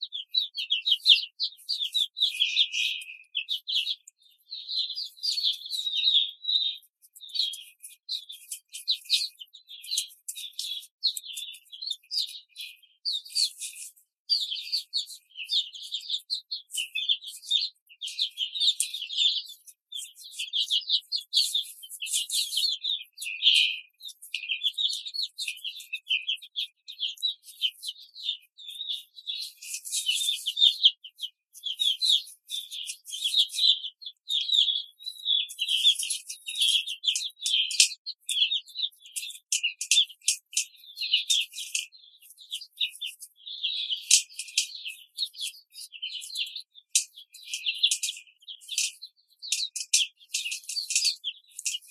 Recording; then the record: young laying hens in a cage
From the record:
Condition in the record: control cage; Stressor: none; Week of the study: 5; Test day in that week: 1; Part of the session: 1